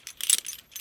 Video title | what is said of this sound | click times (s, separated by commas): Construction: Working High, Safety Ideas and Tools, , Fall Arrest Immediate Lock Clip; RE: IMBD LLC | lock it into place now i move up | 0.3 s